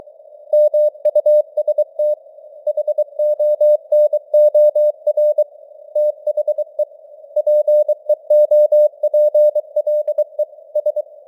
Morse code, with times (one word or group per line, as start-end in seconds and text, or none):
0.5-2.1 MUST
2.7-5.4 HONOR
6.0-6.8 THE
7.4-10.4 PEOPLE
10.8-11.0 S